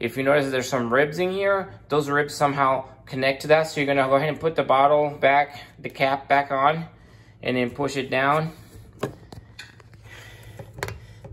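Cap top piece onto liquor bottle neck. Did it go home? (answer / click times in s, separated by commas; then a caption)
yes / 10.8 s. Someone talks while the detached top cap piece of a Buchanan's Deluxe whiskey bottle is pushed back down onto the bottle's ribbed neck. A few light taps follow, then a sharp snap at 10.8 s as the cap seats and locks, which allows the bottle to be twisted open.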